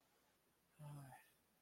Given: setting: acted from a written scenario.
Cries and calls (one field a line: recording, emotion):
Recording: vocal sound without words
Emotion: confusion